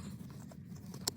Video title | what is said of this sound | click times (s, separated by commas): Installing a Pedal Commander | There we go. That just pops in like that. See? | 1.1 s